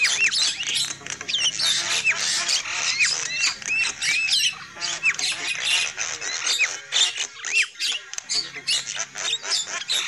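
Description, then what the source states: Flock of lovebirds giving harsh chirps and repeated arched whistles, dense overlapping chatter with a brief lull near the eighth second. Lure call used for trapping lovebirds.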